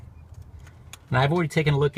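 A wiring harness connector is plugged back onto the idle air control valve on the throttle body of a 1997 Honda Civic DX 5-speed with a D16Y7 engine, reinstalled after cleaning. A faint tick is heard near 0.7 s, then a short sharp click at 0.9 s as the connector seats. Someone then starts talking.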